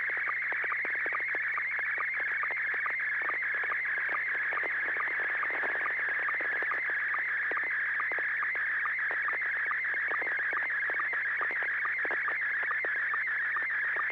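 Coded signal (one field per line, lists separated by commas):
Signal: SSTV (slow-scan television)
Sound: continuous warbling tone with rapid regular ticks, like a fast chirping scan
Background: low hum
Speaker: Image looks good. And definitely a train.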